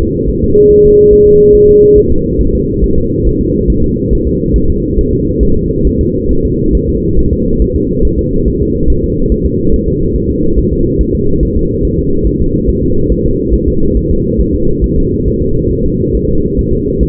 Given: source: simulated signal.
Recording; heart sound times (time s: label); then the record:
fetal heart sounds
0.02 s: S2
0.30 s: S1
0.44 s: S2
0.71 s: S1
0.85 s: S2
1.13 s: S1
1.27 s: S2
1.55 s: S1
1.69 s: S2
1.98 s: S1
2.12 s: S2
2.41 s: S1
2.55 s: S2
2.84 s: S1
2.98 s: S2
3.27 s: S1
3.41 s: S2
3.70 s: S1
3.84 s: S2
4.13 s: S1
4.27 s: S2
4.56 s: S1
4.70 s: S2
4.99 s: S1
5.13 s: S2
5.43 s: S1
5.57 s: S2
5.87 s: S1
6.01 s: S2
6.31 s: S1
6.45 s: S2
6.75 s: S1
6.89 s: S2
7.19 s: S1
7.33 s: S2
7.62 s: S1
7.76 s: S2
8.05 s: S1
8.19 s: S2
8.48 s: S1
8.62 s: S2
8.90 s: S1
9.04 s: S2
9.32 s: S1
9.46 s: S2
9.74 s: S1
9.88 s: S2
10.16 s: S1
10.31 s: S2
10.59 s: S1
10.73 s: S2
11.01 s: S1
11.15 s: S2
11.43 s: S1
11.57 s: S2
11.85 s: S1
11.99 s: S2
12.27 s: S1
12.41 s: S2
12.69 s: S1
12.84 s: S2
13.12 s: S1
13.26 s: S2
13.54 s: S1
13.69 s: S2
13.97 s: S1
14.11 s: S2
14.40 s: S1
14.55 s: S2
14.84 s: S1
14.98 s: S2
15.28 s: S1
15.42 s: S2
15.71 s: S1
15.86 s: S2
16.15 s: S1
16.29 s: S2
16.59 s: S1
16.73 s: S2
17.03 s: S1
From the record:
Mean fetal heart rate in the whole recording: 140 bpm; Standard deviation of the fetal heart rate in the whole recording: 2 bpm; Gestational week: 34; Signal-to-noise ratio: -16.4 dB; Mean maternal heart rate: 72 bpm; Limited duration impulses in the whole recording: present